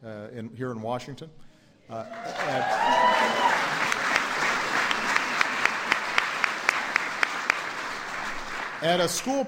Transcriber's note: applause